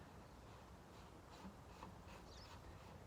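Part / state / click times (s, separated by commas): focal reducer lens into telescope secondary mirror holder / not seated / none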